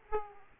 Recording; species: mosquito wingbeat signal from an infrared sensor; Aedes aegypti